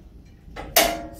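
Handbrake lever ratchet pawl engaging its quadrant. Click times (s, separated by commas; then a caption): 0.8 s. The handbrake lever on an off-road trailer is pulled further, with a softer sound at 0.6 s. At 0.8 s a sharp, bright click sounds as the ratchet pawl engages its quadrant at the third notch. The ratchet is seated in that notch, as confirmed.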